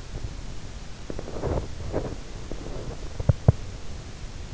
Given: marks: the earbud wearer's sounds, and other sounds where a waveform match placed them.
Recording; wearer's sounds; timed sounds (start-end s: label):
sounds in sleep by an in-ear microphone; teeth grinding
0.98-4.08 s: teeth grinding